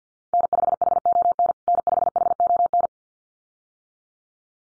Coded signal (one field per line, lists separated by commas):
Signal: Morse code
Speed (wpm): 50 wpm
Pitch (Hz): 700 Hz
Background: none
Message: N5HON N5HON